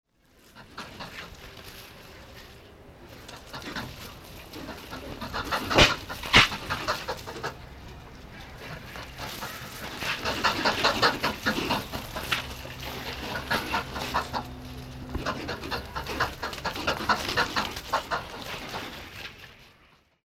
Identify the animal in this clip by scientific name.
Hystrix indica